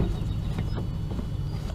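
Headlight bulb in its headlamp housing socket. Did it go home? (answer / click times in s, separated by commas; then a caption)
no / none. Someone lifts the retaining tab on a BMW E90 headlight bulb and pulls on the bulb in its headlamp housing socket to release it. Only a steady low rumble with faint handling noise is heard. The bulb fails to release, and nothing has clicked or come loose yet.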